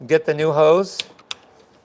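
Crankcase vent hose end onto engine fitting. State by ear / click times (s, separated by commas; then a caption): seated / 1.3 s. Someone talks while a new plastic crankcase vent hose end is clipped over its fitting on the engine of a BMW 325xi. A short tick comes at about 1.0 s, then a sharp, clear snap at 1.3 s as the hose clip seats onto the fitting.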